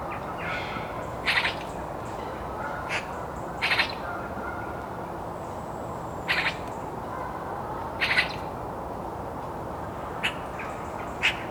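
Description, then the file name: Eurasian magpie giving short harsh chattering bursts, repeated every few seconds. "Pica pica"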